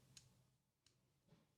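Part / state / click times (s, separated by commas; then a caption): top cap onto fidget toy body / seated / 0.2 s. A top cap is fitted onto the stacked internal pieces of a Jackpot fidget toy, giving a single small, bright tick at 0.2 s as it seats. Two fainter ticks follow at about 0.9 s and 1.3 s over a low background hum, and the cap ends up locked into place.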